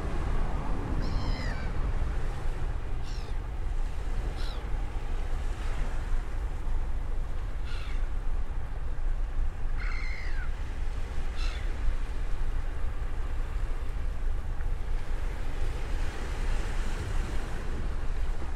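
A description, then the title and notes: Surf rolls on a beach in a steady, dense wash of sound, heavy in the low end with no clear breaks between waves. Brief bright chirps, likely birds, cut through in the first twelve seconds, near 1, 3, 4.5, 7.5, 10 and 11.5 seconds. The Sound of the Beach.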